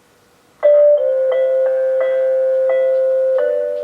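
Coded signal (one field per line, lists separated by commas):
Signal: none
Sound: chime melody notes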